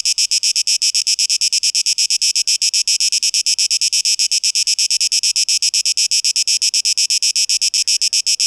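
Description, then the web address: Cicada singing in fast, steady, raspy pulses, several each second, a bright high buzz holding constant throughout. Tape echo mix, 12 August 2023. "rauschpartikel 2023-08-12 Zikaden"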